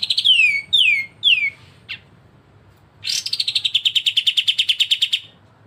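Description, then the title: Streaked spiderhunter song: three sharp downslurred notes, a short buzzy burst, then a fast run of metallic chips that slides slightly downward for two seconds. Energetic, clear, long song, used as a tutor recording for training other birds. "Pijantung Gunung Gacor Jernih Panjang"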